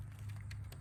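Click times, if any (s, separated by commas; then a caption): none. An EGR air hose quick-connect fitting with a release tab is handled on a Grand Am while it is pushed onto the EGR fitting. A steady low hum runs throughout, with a few brief faint ticks and rustles, the sharpest near 0.5 s. Nothing has seated or clicked yet.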